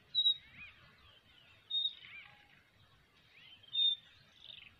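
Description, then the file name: Common nightingale calling: three short phrases, each a thin high whistle with lower slurred notes, spaced a couple of seconds apart. "Luscinia megarhynchos"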